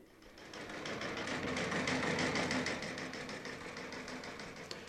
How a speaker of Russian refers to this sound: Включаю корабельный телеграф.